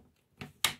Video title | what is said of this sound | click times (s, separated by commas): ASUS VivoBook 17 Disassembly & USB Port Replacement – Laptop USB Repair Guide | Vai ouvir cliques suaves à medida que os clipes se soltam | 0.4 s, 0.6 s